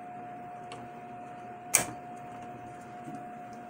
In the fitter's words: hear that snap? That's when you know it's in place.